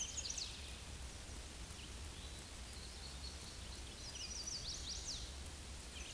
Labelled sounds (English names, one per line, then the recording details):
Chestnut-sided Warbler song
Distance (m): 45 m
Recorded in a Pennsylvania forest on 18 May 2023 at 06:23
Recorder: AudioMoth, point grid1_37_low
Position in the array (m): 120 m, 210 m